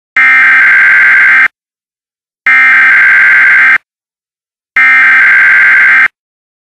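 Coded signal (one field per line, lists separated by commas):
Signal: Emergency Alert System (SAME) tones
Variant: header bursts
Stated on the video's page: Mockup recreating the exact NOAA Weather Radio broadcast of a statewide tornado drill.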